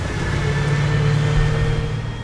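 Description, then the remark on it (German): The lead vehicle of a convoy passes along a street, its engine droning steadily with a deep, even rumble and a faint high whine above it, holding at a constant loudness for a couple of seconds with no voices. “Der erste Wagen des Konvois passiert die Straße.”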